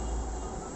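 The plastic tongue of a Gille GTS V1 helmet's chin strap is being handled toward its quick-release buckle. Only steady, broadband background noise with a strong low rumble is heard, with no distinct transients. Nothing has clicked or seated yet.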